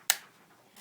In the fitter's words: place the camera on top of the tripod I'll push down and you'll hear it lock and click into position